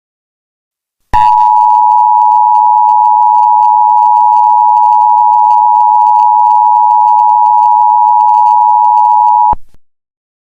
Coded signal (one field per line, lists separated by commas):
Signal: Emergency Alert System (SAME) tones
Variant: 853 and 960 Hz attention tone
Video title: EAS Scenario: Black Hole(2 year anniversary!)